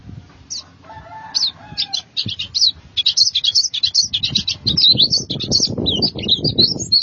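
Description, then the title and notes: White-eye song, quick high chirps that build into a busy twittering sequence, with low clattering noises in the background. "Kicauan Burung Pleci Durasi Panjang. Suara kicauan burung pleci"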